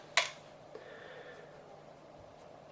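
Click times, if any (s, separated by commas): 0.2 s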